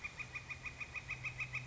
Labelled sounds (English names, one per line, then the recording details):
Northern Flicker
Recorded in Sonoma County, California